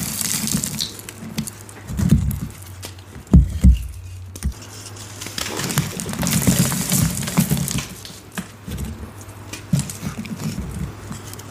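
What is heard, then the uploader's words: Gritty black chalk crumbles and crunches in uneven bursts, with sharp crackles near 2, 3.5 and 6–7 seconds over a low steady hum. Black Iron Oxide *Crush Only* Compilation! Crispy crunchy black iron oxide gym chalk crumbles and oddly satisfying asmr sounds.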